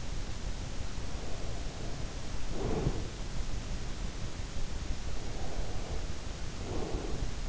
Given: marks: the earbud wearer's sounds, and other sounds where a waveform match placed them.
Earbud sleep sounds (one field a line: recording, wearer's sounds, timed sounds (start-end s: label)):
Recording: sounds in sleep by an in-ear microphone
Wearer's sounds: breath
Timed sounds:
1.28-3.35 s: breath
5.29-7.49 s: breath